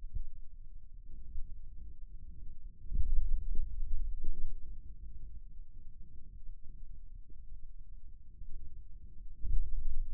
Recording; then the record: forearm muscle sounds (acoustic myography)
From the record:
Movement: pen grasping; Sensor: system 2, bracelet of six BSWA MPA416 microphones around the upper forearm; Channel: 2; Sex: male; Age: 22 years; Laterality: right